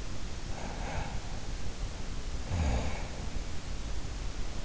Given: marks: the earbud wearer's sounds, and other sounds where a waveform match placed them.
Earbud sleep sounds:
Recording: sounds in sleep by an in-ear microphone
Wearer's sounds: breath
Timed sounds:
0.46-4.16 s: breath

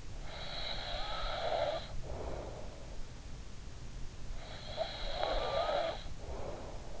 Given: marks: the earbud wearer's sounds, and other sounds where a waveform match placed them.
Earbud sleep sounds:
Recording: sounds in sleep by an in-ear microphone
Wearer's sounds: snoring breath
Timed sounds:
0.29-2.81 s: snoring breath
4.32-7.00 s: snoring breath

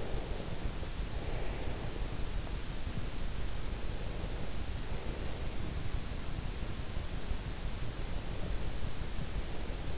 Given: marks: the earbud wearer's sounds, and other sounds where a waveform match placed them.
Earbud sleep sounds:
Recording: sounds in sleep by an in-ear microphone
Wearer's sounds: breath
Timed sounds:
0.00-2.22 s: breath

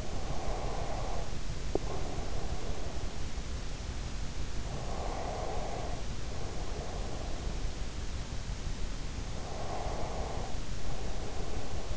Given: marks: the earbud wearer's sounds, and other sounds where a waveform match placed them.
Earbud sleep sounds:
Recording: sounds in sleep by an in-ear microphone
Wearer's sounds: breath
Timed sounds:
0.00-3.13 s: breath
4.80-7.95 s: breath
9.31-11.97 s: breath

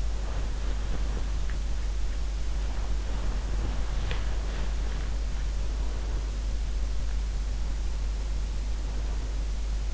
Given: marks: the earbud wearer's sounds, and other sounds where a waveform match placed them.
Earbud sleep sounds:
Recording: sounds in sleep by an in-ear microphone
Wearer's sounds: body movement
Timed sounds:
0.00-6.46 s: body movement

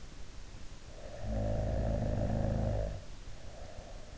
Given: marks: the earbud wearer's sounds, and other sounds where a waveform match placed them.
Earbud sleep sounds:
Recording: sounds in sleep by an in-ear microphone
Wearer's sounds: snoring breath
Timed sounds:
0.87-4.04 s: snoring breath

